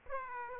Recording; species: mosquito wingbeat signal from an infrared sensor; Aedes aegypti